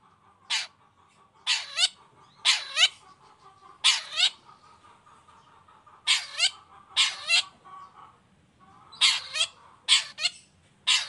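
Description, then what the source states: Long-tailed shrike uttering harsh, scratchy notes in irregular bursts, over a steady background hum. Chatty (gacor) long-tailed shrike singing in the morning with the 'toet toet' variation; clear voice, full variation, easy for any shrike to imitate.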